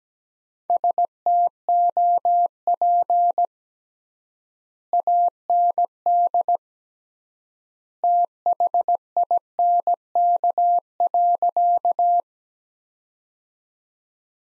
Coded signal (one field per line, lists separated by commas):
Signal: Morse code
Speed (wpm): 17 wpm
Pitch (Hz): 700 Hz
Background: none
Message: STOP AND THINK.